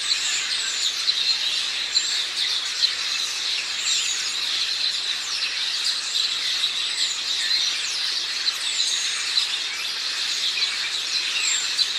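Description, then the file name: House sparrow chirping within a dense, continuous high chorus, with sharp chirps and short strokes scattered throughout. "Passer domesticus"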